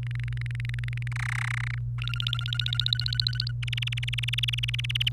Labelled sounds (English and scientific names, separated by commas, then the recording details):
Domestic Canary (Serinus canaria) song
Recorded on 28 April 2018 at 16:39
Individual llb3